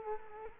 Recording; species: mosquito wingbeat signal from an infrared sensor; Culex quinquefasciatus